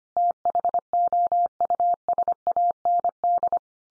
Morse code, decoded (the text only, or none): THOUSAND